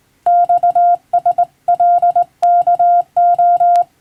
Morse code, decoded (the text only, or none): XSLKO